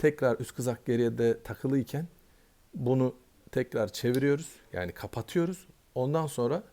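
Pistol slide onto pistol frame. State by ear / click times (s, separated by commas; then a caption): not seated / none. With the steel slide of a Ruger 5.7x28mm pistol held back on the frame, the takedown lever is turned closed before the slide is pushed forward into place. Someone talks throughout, with only speech heard. Nothing has seated or clicked yet.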